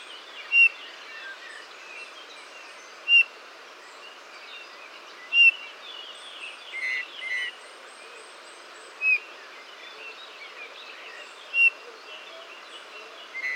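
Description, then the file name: Eurasian bullfinch repeating a short, soft piped whistle roughly every two to three seconds, with scattered high chirps and background hiss. "Pyrrhula pyrrhula"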